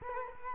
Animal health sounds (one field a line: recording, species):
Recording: mosquito wingbeat signal from an infrared sensor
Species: Culex quinquefasciatus